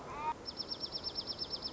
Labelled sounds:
Dark-eyed Junco
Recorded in Sonoma County, California

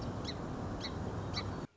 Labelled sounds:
Song Sparrow
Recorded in Sonoma County, California

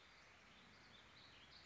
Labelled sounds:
Warbling Vireo
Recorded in Sonoma County, California

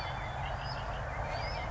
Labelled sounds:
Red-winged Blackbird
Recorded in Sonoma County, California

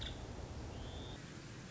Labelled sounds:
Nuttall's Woodpecker
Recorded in Sonoma County, California

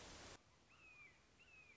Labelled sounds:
Red-shouldered Hawk
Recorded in Sonoma County, California

